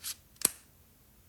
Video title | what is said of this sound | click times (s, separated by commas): Changing Batteries and Capsules on Wireless Sennheiser Mics | Has a really positive click. | 0.5 s